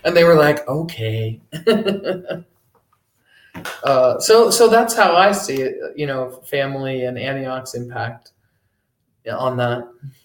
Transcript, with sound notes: And they were like, "Okay." [Laughs] So that's how I see it, you know, family and Antioch's impact on that.